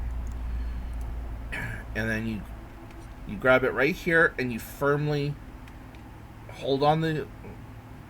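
A plastic snail-shell-shaped infusion set inserter for a diabetic insulin pump is gripped firmly and pulled back to cock its latch while someone talks over a low steady hum. Nothing has clicked or seated yet; the clip ends just before the part goes home.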